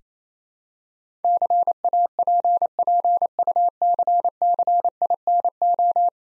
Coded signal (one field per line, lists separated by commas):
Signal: Morse code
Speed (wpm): 28 wpm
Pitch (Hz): 700 Hz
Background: none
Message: CAPPUCCINO